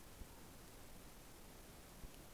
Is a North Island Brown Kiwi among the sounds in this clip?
no